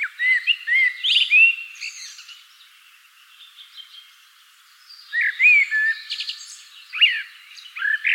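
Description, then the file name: Common blackbird singing: a fluty phrase ending in thin twitters, a quiet stretch, then further mellow whistles and squeaky notes. "Turdus merula"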